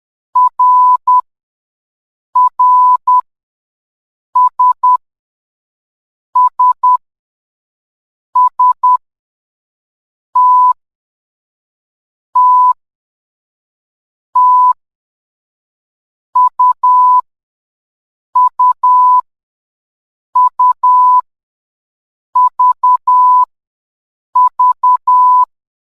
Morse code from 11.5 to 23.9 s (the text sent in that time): T T U U U V